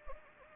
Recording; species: mosquito wingbeat signal from an infrared sensor; Anopheles gambiae